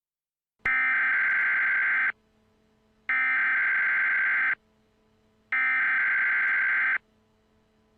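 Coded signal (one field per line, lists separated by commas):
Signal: Emergency Alert System (SAME) tones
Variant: header bursts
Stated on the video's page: Mock EAS alert, a simulated scenario, not a real activation.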